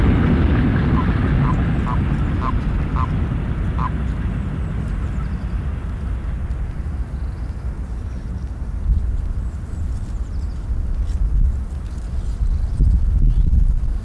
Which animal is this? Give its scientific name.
Bufo bufo